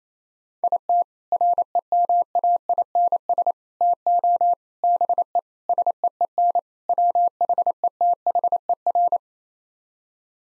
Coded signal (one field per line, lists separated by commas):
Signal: Morse code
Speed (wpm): 27 wpm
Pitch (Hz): 700 Hz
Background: none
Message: IT REMAINS TO BE SEEN WHETHER